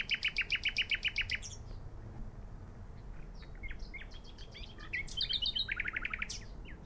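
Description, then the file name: Common nightingale song opening with a fast, even series of loud repeated notes, then scattered chirps and sharp whistles before another rapid rattling burst. "Luscinia megarhynchos"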